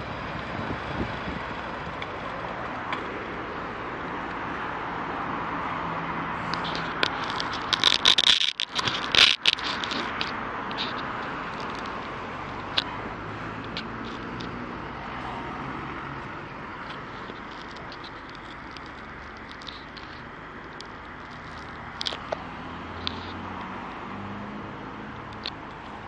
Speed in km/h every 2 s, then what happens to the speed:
0, 0, 0, 0, 0, 0, 0, 0, 0, 0, 0, 0, 0.
0-26 standing.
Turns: none.